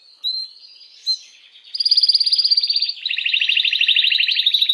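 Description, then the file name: Canary (Belgian mosaic): canary giving a couple of brief high notes, then a loud rapid trill that drops into a lower rolling, pulsing trill. "canto do canario belga mosaico"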